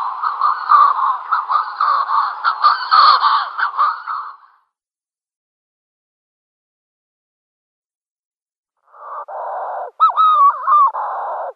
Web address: Schulze Peter Manx Shearwater